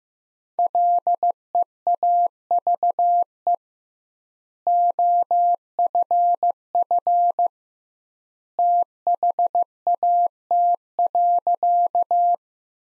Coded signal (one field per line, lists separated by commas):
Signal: Morse code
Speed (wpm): 15 wpm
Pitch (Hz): 700 Hz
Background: none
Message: LEAVE OFF THAT.